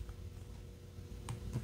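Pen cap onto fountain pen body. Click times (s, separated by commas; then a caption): 1.3 s. A pen cap is closed onto a fountain pen body, and a sharp click is heard at 1.3 seconds as it snaps into place. A fainter tick is heard near 0.1 seconds, and a low hum continues in the background. The cap seats.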